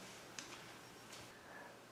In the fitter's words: them align these ones with it and push it all the way down until it snaps in place